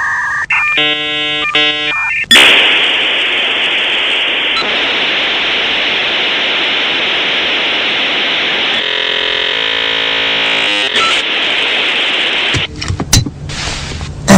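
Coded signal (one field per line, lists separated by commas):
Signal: dial-up modem handshake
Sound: harmonic tone bursts, loud broad hiss, warbling striped tones, more hiss, abrupt clicks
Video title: Dial Up Internet Sound ( Funny)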